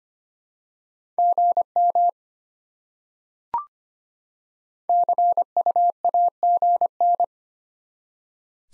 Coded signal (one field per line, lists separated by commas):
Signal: Morse code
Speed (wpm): 25 wpm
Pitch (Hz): 700 Hz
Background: none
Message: GM CUAGN